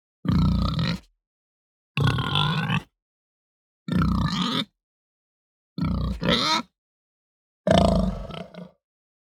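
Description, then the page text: Hampshire pig grunts: five deep, rough, guttural grunts, each lasting about a second, coming roughly every two seconds with silence in between. Hampshire breed domestic pig giving deep guttural grunts. "Hampshire Pig Grunt Deep Guttural. Quick Sounds"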